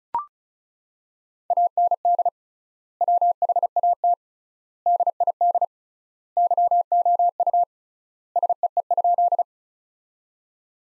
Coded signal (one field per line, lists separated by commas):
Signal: Morse code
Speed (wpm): 36 wpm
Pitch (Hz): 700 Hz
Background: none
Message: AND WHAT DID YOU SEE?